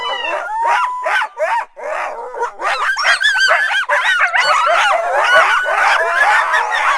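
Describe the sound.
Fox yips and whines, many high, sliding, overlapping calls tumbling together into a dense, excited chatter.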